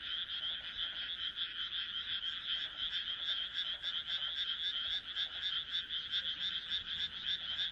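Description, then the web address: Chorus of frogs, a high grating trill of fast repeated pulses, continuous and even in level throughout. "kaeru kaeru"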